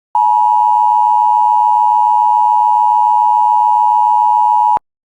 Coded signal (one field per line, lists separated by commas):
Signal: Emergency Alert System (SAME) tones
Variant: 853 and 960 Hz attention tone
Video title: 2 INCH HAIL! SVR for OK EAS #163